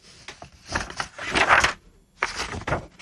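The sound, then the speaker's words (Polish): A sheet of paper is turned with a crisp, papery rustle that swells and fades, then a second, shorter rustle follows after a brief pause. No one speaks. “Odwracam zatem kartkę.”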